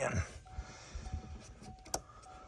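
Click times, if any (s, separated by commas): 1.9 s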